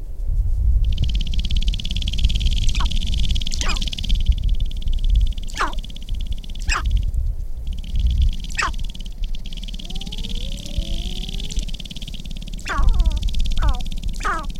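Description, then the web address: Sharp-tailed grouse uttering sharp, clipped cackles and a few rising whine-like notes. They are scattered throughout over a steady high-pitched hiss and low wind rumble. "Natural Sounds Sharp-tailed Grouse"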